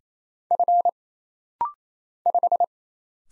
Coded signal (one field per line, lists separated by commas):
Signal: Morse code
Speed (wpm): 27 wpm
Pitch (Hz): 700 Hz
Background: none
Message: F 5